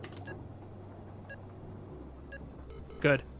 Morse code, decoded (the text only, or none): none